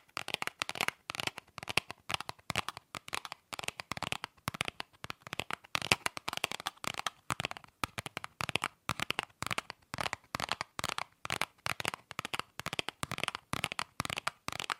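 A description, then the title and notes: Tapping on objects, a dense run of short, sharp clicks and knocks filling all fifteen seconds. The taps come quickly in bursts with brief gaps between clusters, some louder and brighter, others softer, the pace shifting between rapid flurries and slightly slower patches. ASMR Fast & Slow Tapping on 6 Objects No Talking.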